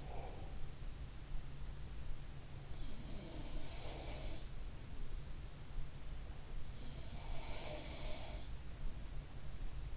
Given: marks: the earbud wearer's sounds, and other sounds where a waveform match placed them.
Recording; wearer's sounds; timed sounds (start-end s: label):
sounds in sleep by an in-ear microphone; breath
0.00-0.62 s: breath
3.04-4.66 s: sound from someone else or the room
7.00-8.62 s: sound from someone else or the room